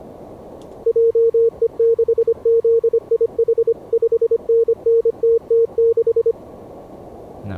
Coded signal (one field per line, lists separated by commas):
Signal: Morse code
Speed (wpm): 25 wpm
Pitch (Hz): 460 Hz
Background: speech, radio noise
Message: JE6ZIH 5NN TT6